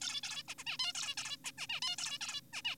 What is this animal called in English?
Zebra Finch